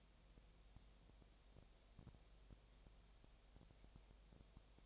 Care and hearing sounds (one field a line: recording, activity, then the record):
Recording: daily activity, microphone in the room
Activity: no activity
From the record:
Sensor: 1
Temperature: 19.8 degrees Celsius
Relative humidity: 37.9%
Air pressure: 998.8 hPa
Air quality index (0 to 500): 233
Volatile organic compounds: 134 ppm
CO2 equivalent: 3949 ppm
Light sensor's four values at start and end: 1/2/1/1 and 1/2/1/1